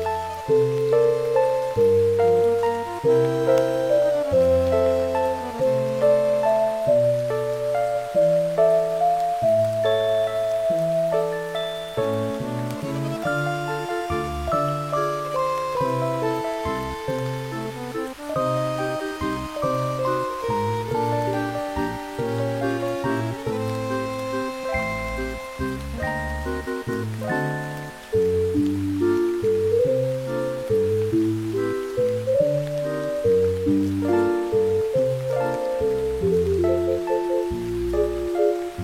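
Music with rain sounds: a steady, flowing melody over shifting low bass notes, softly pattering rain underneath, evenly loud throughout with a brief dip near 28 seconds.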